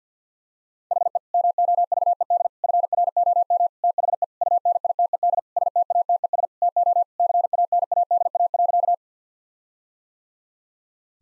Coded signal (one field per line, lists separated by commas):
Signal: Morse code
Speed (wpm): 50 wpm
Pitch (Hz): 700 Hz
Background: none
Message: HE MOVED FROM THE UNITED STATES TO CANADA.